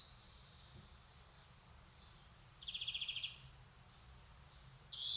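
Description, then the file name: European greenfinch call: a single pulsed, buzzy trill in the middle, with partial buzzy notes at both ends and a quiet hum beneath. "Chloris chloris"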